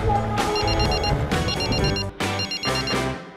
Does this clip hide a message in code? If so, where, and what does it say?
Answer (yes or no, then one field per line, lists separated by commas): no